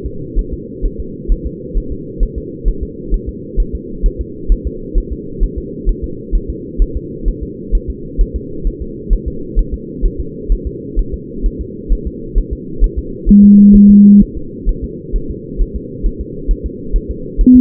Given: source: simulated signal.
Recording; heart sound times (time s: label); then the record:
fetal heart sounds
0.06 s: S2
0.39 s: S1
0.53 s: S2
0.85 s: S1
1.00 s: S2
1.32 s: S1
1.46 s: S2
1.77 s: S1
1.92 s: S2
2.23 s: S1
2.38 s: S2
2.68 s: S1
2.83 s: S2
3.14 s: S1
3.29 s: S2
3.60 s: S1
3.75 s: S2
4.06 s: S1
4.21 s: S2
4.52 s: S1
4.67 s: S2
4.98 s: S1
5.12 s: S2
5.43 s: S1
5.58 s: S2
5.89 s: S1
6.04 s: S2
6.35 s: S1
6.50 s: S2
6.82 s: S1
6.97 s: S2
7.28 s: S1
7.43 s: S2
7.75 s: S1
7.90 s: S2
8.21 s: S1
8.36 s: S2
8.67 s: S1
8.82 s: S2
9.13 s: S1
9.28 s: S2
9.59 s: S1
9.74 s: S2
10.05 s: S1
10.20 s: S2
10.52 s: S1
10.67 s: S2
10.99 s: S1
11.14 s: S2
11.46 s: S1
11.61 s: S2
11.92 s: S1
12.07 s: S2
12.38 s: S1
12.53 s: S2
12.84 s: S1
12.99 s: S2
13.29 s: S1
13.44 s: S2
13.75 s: S1
13.90 s: S2
14.22 s: S1
14.37 s: S2
14.69 s: S1
14.84 s: S2
15.16 s: S1
15.30 s: S2
15.61 s: S1
15.76 s: S2
16.06 s: S1
16.21 s: S2
16.51 s: S1
16.66 s: S2
16.96 s: S1
17.11 s: S2
17.41 s: S1
17.56 s: S2
From the record:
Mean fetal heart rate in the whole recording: 130 bpm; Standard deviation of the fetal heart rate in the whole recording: 4 bpm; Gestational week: 38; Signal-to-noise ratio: -4.3 dB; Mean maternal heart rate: 72 bpm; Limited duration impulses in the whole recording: present